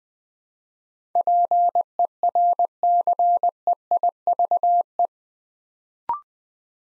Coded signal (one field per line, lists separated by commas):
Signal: Morse code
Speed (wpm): 20 wpm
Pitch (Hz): 700 Hz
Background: none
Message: PERCEIVE